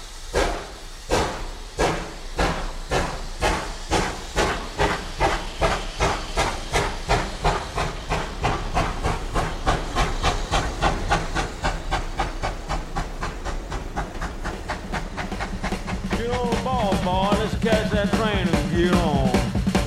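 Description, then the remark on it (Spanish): A steam locomotive pulls away on departure, its loud, hissing chuffs coming in a steady rhythm that gradually quickens to full speed, with voices briefly audible over the chugging near the end. “Hemos arrancado, ya estamos a toda pastilla, aunque es un tren de vapor, no como un ave ni cosas de esas,”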